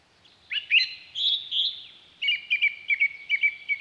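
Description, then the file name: Song thrush singing a few clear whistled notes, then a run of quick, repeated notes. "Zanglijster"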